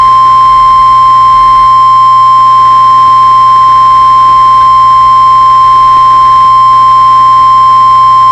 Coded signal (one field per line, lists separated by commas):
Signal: Emergency Alert System (SAME) tones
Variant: 1050 Hz attention tone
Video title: EAS Scenario Test! (OLD PAUL TEST)